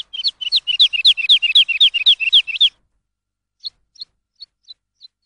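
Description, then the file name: Lark song: a rapid, steady run of many high chirps over about two and a half seconds, then a pause and five short, isolated notes. Recording used for training songbirds. "suara masteran lark"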